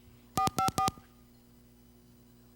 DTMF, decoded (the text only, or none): 454